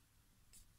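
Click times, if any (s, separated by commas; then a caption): none. An eccentric shaft sensor component is pushed into a BMW valve cover, inserted with a screwdriver or similar, toward the small groove where it locks in. Quiet low handling noise with a brief soft hiss around 0.5–0.6 s and a sudden sharp onset right at the end at 0.8 s. Nothing has seated or clicked yet.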